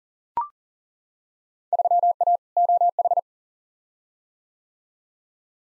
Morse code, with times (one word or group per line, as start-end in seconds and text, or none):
1.7-2.4 3A
2.6-3.2 OH